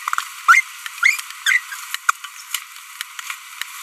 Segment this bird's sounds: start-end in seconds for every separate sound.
0.48-0.60, 1.03-1.20, 1.46-1.59